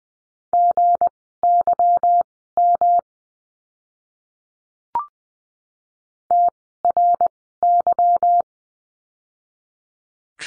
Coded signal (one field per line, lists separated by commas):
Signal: Morse code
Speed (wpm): 20 wpm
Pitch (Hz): 700 Hz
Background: none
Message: GYM TRY